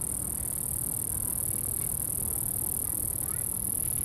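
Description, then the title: Crickets: a continuous, very high buzzing trill without pause, over heavy wind noise. Crickets recorded at Atins, Brazil, with wind in the background. "Atins, Brésil - Grillons - Crickets"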